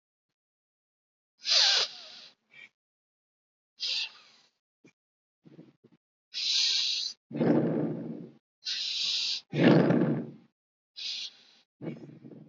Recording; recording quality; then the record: deep breathing; moderate, slight background noise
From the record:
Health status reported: healthy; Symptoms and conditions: hypertension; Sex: male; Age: 43 years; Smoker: not ticked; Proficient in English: yes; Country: India